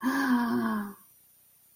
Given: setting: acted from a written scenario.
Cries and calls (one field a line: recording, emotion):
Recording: vocal sound without words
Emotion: embarrassment